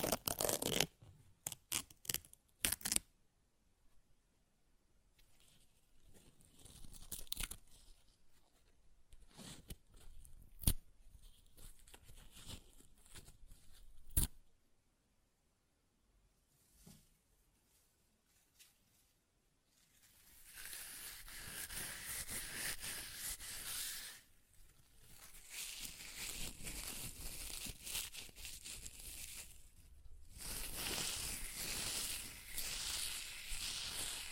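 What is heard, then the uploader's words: Paper is torn in sharp, scattered rips for twenty seconds, then long, bright, sustained tearing strokes follow with brief pauses between them. ASMR Paper Ripping Tearing Sounds (No Talking).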